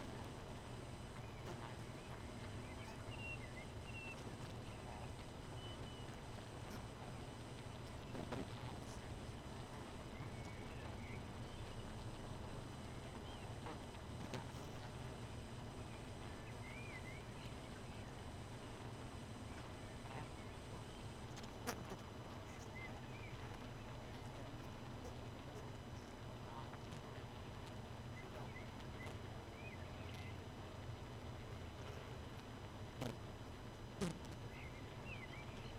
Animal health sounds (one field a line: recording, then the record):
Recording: honeybee colony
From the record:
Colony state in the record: missing queen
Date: 31 May 2018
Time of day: 2:51